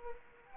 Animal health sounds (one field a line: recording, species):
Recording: mosquito wingbeat signal from an infrared sensor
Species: Culex quinquefasciatus